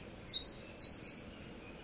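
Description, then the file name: Eurasian wren song fragment: a brief burst of very high, rapid twittering notes ending after about one and a half seconds, then quiet background. "misosazai"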